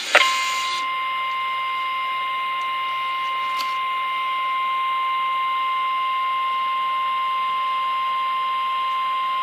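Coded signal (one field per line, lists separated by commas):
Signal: Emergency Alert System (SAME) tones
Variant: 1050 Hz attention tone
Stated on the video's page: EAS SAME tones from a Sage EAS unit during bench testing.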